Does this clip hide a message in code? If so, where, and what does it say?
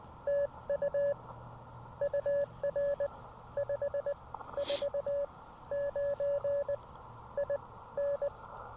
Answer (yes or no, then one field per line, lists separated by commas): yes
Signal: Morse code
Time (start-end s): 0.3-8.3 s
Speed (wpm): 18 wpm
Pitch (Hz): 590 Hz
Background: none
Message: TU UR 549 IN